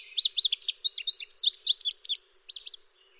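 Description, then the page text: Indigo bunting song: a quick string of high, bright notes lasting under three seconds, fading at the end. "Chris Parrish - Индиговый овсянковый кардинал (Passerina cyanea)"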